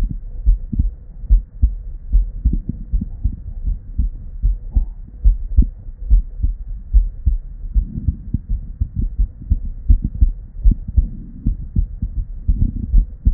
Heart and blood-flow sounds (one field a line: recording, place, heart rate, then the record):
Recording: heart sounds by stethoscope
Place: Erb's point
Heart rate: 78 bpm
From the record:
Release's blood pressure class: normal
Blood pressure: 110/67 mmHg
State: at rest